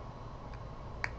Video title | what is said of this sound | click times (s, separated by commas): Carriere SLX Opening and Closing of the Door | so then you'll hear click in the open | 1.0 s